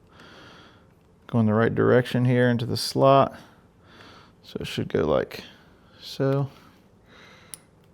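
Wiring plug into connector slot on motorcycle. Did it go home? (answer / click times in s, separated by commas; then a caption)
yes / 7.5 s. On a Lowrider ST El Diablo motorcycle, during an A10 Moto "Cut In" Recessed LP6 Mount Combo Kit and S1 turn signal install, a wiring plug is lined up with its pin facing up and pushed into its connector slot while someone talks. After the talking stops, a short sharp click is heard at 7.5 s as the plug seats.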